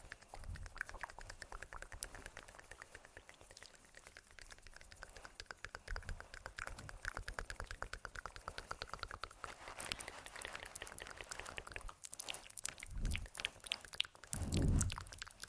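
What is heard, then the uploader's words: Soft mouth sounds and tapping layered together, a dense run of quick, irregular clicks and wet smacks across the whole stretch. The sound grows brighter and busier after ten seconds, with low thumps or rubs near 13 and 14–15 seconds. Layered Sounds (Sleepy Mouth Sounds, Face Touching, Tapping).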